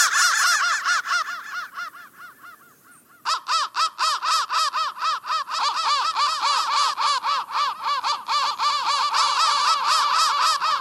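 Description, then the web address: Crow calls pour out fast and overlapping, several birds at once, with a brief lull near the start before the chorus resumes at full strength. "soundfactory crow 1 crow 1 crow 1 bendthreads"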